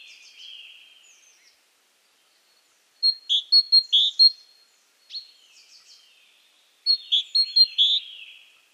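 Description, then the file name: Great tit calls in quick bursts, high clipped notes paired with lower buzzy chirps, repeated in two rapid series a few seconds apart, with softer notes between. "Parus major"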